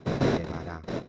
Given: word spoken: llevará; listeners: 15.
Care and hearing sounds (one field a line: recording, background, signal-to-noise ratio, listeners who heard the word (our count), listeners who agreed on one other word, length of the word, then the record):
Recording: one Spanish word in noise, from a listening test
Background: noise modulated by one talker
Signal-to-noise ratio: -9.1 dB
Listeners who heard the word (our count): 4 of 15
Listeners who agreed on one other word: 9 of 15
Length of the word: 0.69 s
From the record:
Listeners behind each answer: 9, 4, 1, 1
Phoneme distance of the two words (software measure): 10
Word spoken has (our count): 3 syllables, 6 phonemes, stress on syllable 3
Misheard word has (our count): 3 syllables, 6 phonemes, stress on syllable 3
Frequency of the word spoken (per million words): 18.42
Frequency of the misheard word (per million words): 17.82